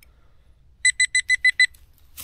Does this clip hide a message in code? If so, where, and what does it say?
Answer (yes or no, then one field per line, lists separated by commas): no